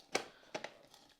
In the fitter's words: you hear the little click so we don't make a mess